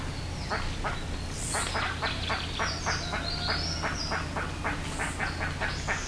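Bird calls, a rapid series of short harsh notes with thin high squeals mixed in, over a steady low hum.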